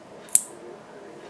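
A crimped pin on a power-supply wire is pushed back into the plastic SATA power connector housing after sleeving. A faint tick at 0.3 s is followed by a sharp, bright click at 0.4 s, and the terminal is seated and secure.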